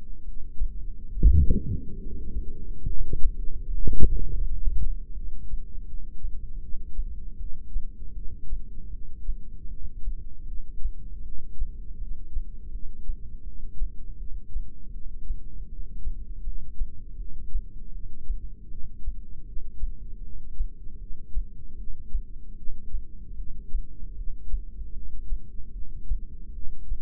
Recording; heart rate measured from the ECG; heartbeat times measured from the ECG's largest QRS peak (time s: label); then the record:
heart sounds by microphone in the left ear; 78 bpm
0.24 s: heartbeat
1.14 s: heartbeat
2.01 s: heartbeat
2.86 s: heartbeat
3.67 s: heartbeat
4.41 s: heartbeat
5.14 s: heartbeat
5.85 s: heartbeat
6.60 s: heartbeat
7.37 s: heartbeat
8.14 s: heartbeat
8.90 s: heartbeat
9.68 s: heartbeat
10.46 s: heartbeat
11.23 s: heartbeat
11.98 s: heartbeat
12.71 s: heartbeat
13.44 s: heartbeat
14.18 s: heartbeat
14.92 s: heartbeat
15.69 s: heartbeat
16.43 s: heartbeat
17.17 s: heartbeat
17.92 s: heartbeat
18.69 s: heartbeat
19.45 s: heartbeat
20.22 s: heartbeat
20.99 s: heartbeat
21.76 s: heartbeat
22.56 s: heartbeat
23.36 s: heartbeat
24.16 s: heartbeat
24.94 s: heartbeat
25.73 s: heartbeat
26.53 s: heartbeat
From the record:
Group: heart failure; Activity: rest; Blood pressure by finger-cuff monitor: 179/123 mmHg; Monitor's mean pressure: 145 mmHg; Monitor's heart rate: 78 bpm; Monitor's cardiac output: 7.6 L/min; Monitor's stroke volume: 96 mL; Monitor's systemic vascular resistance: 1460 dyn s/cm5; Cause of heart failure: non-ischemic cardiomyopathy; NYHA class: 1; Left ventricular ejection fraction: 62%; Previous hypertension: present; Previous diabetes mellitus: present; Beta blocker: bisoprolol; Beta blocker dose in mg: 10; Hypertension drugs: sacubitril-valsartan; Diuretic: furosemide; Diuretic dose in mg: 20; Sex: male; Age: 49 years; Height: 167 cm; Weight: 110 kg